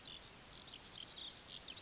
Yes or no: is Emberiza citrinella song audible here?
no